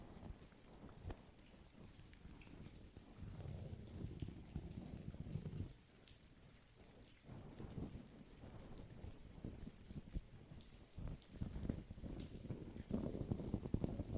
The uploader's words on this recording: ASMR Energy rain (+ pluie).